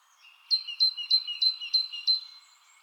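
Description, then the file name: Great tit calls, a clear series of six bright two-part notes, a high sharp element over a lower whistle. "Parus major"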